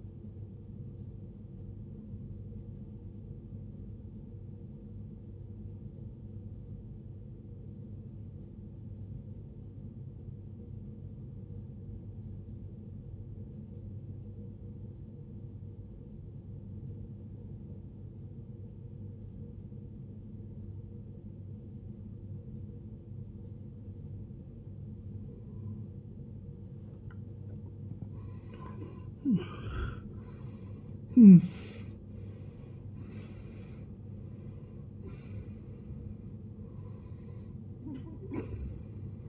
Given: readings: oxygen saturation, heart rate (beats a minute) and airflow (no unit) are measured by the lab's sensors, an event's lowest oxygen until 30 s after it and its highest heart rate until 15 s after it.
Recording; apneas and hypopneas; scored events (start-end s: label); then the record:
breathing in sleep by a smartphone at the bedside; 1
4.00-27.00 s: obstructive apnea (N1, oxygen 94% highest, then 75% lowest, heart rate 59 at the start, 80 highest)
From the record:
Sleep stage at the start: N1 (lightest sleep); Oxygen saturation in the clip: 79 to 94%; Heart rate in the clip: 54 to 80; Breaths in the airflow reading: 5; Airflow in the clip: -21.8 to 18.5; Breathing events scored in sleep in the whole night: 389 in 6.3 hours asleep